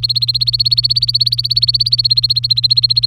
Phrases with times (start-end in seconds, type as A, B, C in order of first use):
0.00-3.06 A